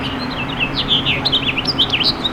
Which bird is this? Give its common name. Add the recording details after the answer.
House Finch. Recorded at Babylon on Long Island, New York, on 18 May 2013. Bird G